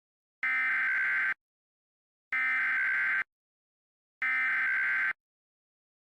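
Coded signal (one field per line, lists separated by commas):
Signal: Emergency Alert System (SAME) tones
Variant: header bursts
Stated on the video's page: Mock EAS alert.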